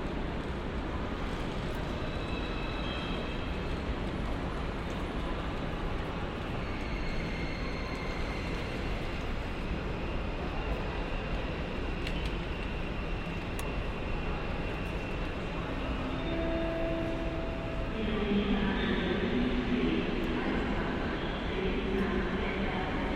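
Trains at Cologne Central Station, a steady dense rumble filling the low and middle range throughout. Faint tonal squeals and hums drift in and out, and after about eighteen seconds brighter tones and a mild swell in loudness appear, like a train moving.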